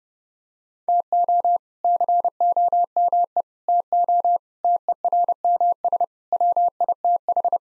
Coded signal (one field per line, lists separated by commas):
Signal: Morse code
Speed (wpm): 30 wpm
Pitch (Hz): 700 Hz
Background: none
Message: TO COME TO TERMS WITH